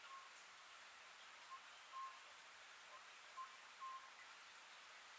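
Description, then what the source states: Oriental scops owl giving soft hooting notes in pairs, each pair a short note then a longer one, spaced about two seconds apart under a steady hiss. Recorded on 1 June 2010 at 21:05.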